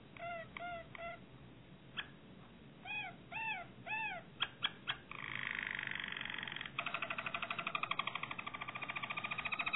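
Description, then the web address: Harz Roller canary gives a few separate curved notes and soft clicks, then moves into steady buzzy rolls and a quick, evenly pulsed trill. "canarios racas canto harzers"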